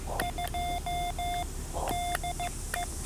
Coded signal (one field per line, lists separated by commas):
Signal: Morse code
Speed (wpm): 15 wpm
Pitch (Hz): 720 Hz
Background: none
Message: 2 DE